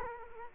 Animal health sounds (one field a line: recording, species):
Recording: mosquito wingbeat signal from an infrared sensor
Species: Culex quinquefasciatus